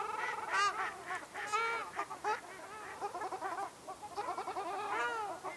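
Ruddy shelduck calls: a busy stream of loud nasal, goose-like honks in quick bursts.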